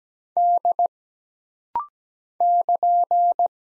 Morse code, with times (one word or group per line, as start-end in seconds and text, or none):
0.4-0.9 D
2.4-3.5 <KN>